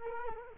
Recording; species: mosquito wingbeat signal from an infrared sensor; Culex quinquefasciatus